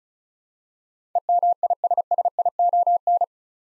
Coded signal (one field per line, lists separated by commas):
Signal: Morse code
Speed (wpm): 34 wpm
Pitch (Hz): 700 Hz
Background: none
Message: EMISSION